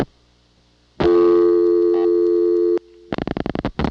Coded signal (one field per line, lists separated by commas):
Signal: telephone call progress tone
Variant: North America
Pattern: dial tone